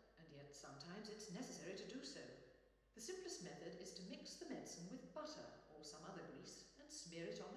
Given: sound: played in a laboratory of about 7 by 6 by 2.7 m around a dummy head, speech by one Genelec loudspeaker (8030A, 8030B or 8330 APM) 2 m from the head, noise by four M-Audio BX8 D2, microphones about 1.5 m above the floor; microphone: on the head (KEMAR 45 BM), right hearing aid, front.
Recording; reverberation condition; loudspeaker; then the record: female speech in English; high; 60 degrees to the right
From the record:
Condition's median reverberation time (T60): about 1300 ms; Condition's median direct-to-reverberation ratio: about -4.0 dB